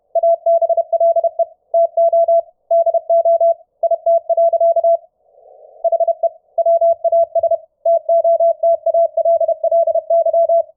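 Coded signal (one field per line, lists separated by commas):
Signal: Morse code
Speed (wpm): 31 wpm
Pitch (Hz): 670 Hz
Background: none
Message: ABLE TO DO IT. HE WAS TOTALLY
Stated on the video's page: Morse code audio from Mumble voice chat on the iCW server, heard through SDRSharp with adjustable CW pitch, AGC and CW bandpass filter.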